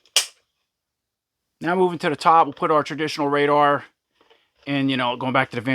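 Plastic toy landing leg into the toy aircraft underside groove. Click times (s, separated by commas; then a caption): 0.2 s. A plastic landing leg for a Masters of the Universe Origins Point Dread and Talon Fighter toy aircraft is pushed into its groove on the underside, giving a sharp, loud click at 0.2 s as it locks in place. After a short silence, someone talks.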